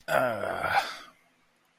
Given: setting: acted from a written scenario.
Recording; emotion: vocal sound without words; serenity